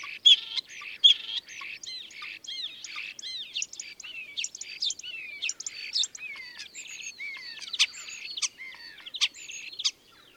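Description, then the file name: Common starling song, a long varied medley of clicks, chirps and sliding whistles delivered in quick succession. Recorded at Dviete. "dviete sturnus vulgaris"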